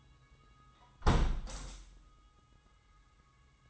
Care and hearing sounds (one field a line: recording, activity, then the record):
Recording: daily activity, microphone in the room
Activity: close window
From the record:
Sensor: 3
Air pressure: 990.4 hPa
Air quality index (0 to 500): 177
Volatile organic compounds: 1000 ppm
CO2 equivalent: 5730 ppm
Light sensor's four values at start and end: 34/80/32/30 and 33/78/31/29